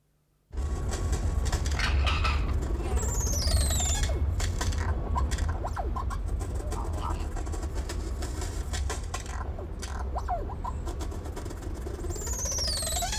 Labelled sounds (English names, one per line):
Yellow-faced Myna call